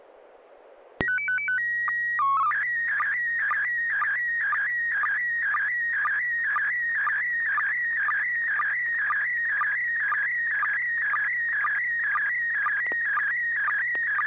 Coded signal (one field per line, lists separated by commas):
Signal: SSTV (slow-scan television)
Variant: PD 120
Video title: N6NA SSTV Net - 01/01/2025